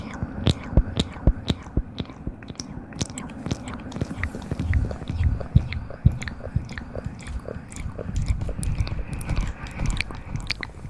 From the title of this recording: mouth sounds